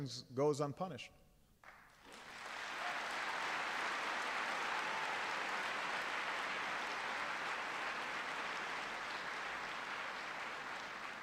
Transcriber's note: applause